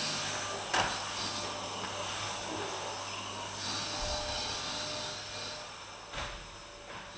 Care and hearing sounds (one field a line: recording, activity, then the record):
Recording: daily activity, microphone in the room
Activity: vacuum cleaning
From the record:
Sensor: 2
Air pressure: 1011.7 hPa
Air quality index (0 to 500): 220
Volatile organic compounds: 4 ppm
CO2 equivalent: 1549 ppm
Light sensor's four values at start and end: 7/17/7/7 and 7/17/7/7